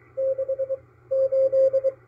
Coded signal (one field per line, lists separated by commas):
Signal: Morse code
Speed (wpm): 23 wpm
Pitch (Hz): 530 Hz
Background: radio noise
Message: 6 8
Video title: KPH San Francisco - MALAHITEAM DSP-2 sdr receiver 3-26-2022